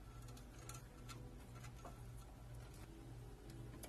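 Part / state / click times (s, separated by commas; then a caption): 8-pin CPU power plug into motherboard header / not seated / none. An 8-pin CPU power cable plug is handled at the motherboard header over a steady low hum, with a few short faint ticks around 0.7 s, 3.5 s and 3.8 s. The plug has not seated and no latch has clicked yet.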